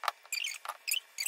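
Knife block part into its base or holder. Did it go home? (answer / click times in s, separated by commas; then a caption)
no / none. A part of a black 16-piece knife set's block is handled as it is fitted toward its base or holder during unboxing and setup. A sharp tap comes at 0.1 s, followed by bursts of high-pitched squeaky scraping and rubbing, with another sharper hit at 1.2 s. The clip ends just before the part goes home, so nothing has seated or clicked yet.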